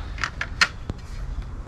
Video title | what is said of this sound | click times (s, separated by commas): How to SE Sport 200 400 Hydrofoil Installation | it down there pull it back snaps in place | 0.4 s, 0.6 s